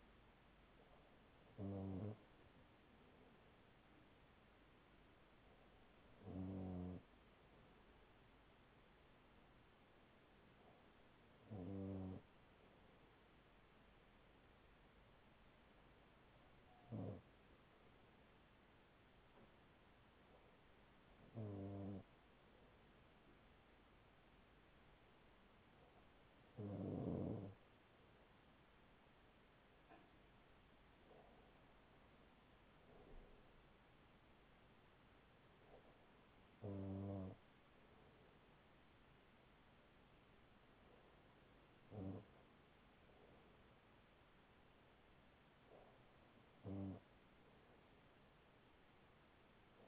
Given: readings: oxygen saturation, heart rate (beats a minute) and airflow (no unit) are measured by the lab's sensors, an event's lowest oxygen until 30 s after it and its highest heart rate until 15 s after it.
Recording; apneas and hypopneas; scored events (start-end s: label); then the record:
breathing in sleep by a voice recorder at the bedside; none
none scored
From the record:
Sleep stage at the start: N2 (light sleep); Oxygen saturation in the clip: 95 to 96%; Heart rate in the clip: 38 to 43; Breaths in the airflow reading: 10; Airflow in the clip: -5.1 to 4.5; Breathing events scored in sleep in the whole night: 207 in 7.6 hours asleep